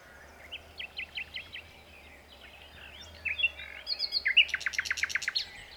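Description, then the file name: Common nightingale singing quietly at first with spaced notes, then a fast, loud series of sharp repeated notes near the end. "Luscinia megarhynchos"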